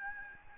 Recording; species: mosquito wingbeat signal from an infrared sensor; Aedes albopictus